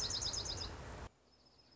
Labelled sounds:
Dark-eyed Junco
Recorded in Sonoma County, California

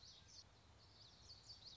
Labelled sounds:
Common Yellowthroat
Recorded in Sonoma County, California

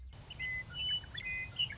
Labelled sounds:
Western Meadowlark
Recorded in Sonoma County, California

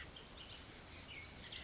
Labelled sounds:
Bullock's Oriole
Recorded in Sonoma County, California

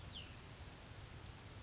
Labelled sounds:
Cassin's Vireo
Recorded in Sonoma County, California

